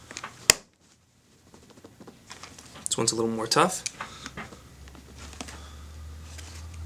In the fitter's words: and you're going to snap back into place you'll hear him snap just like this this